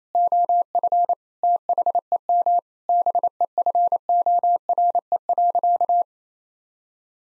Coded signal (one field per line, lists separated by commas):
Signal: Morse code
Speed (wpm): 28 wpm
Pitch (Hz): 700 Hz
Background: none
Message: OF THEM BEFORE.